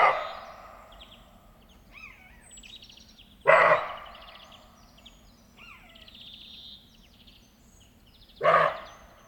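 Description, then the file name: Roe deer giving rough, gruff barks, three loud bursts a few seconds apart, while birds sing and chirp throughout. "Reh Bellen Wildtiere in Europa"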